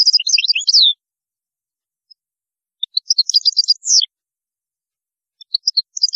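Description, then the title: European goldfinch song: quick tinkling, twittering notes in two bursts separated by a pause, then a few scattered high chirps near the end. "Chant Chardonneret"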